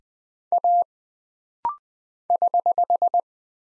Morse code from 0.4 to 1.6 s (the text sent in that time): A